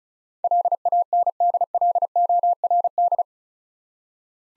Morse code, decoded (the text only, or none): LANDLORD